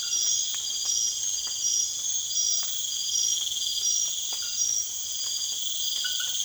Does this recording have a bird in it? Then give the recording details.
no. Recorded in secondary vegetation near Puerto Asís, Putumayo, Colombia, on 27 June 2025. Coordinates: 0.488, -76.319. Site G094